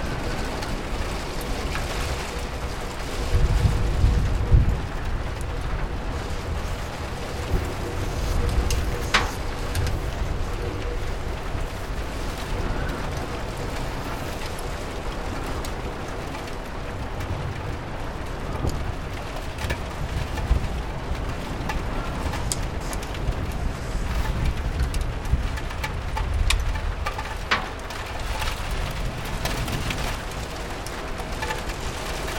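Rain patters steadily against a window, a dense, even hiss with scattered small taps and drips. Low rumbling swells rise and fall beneath it, strongest around 4, 9 and 26 seconds, and a few brief clicks stand out near 9, 20 and 28 seconds.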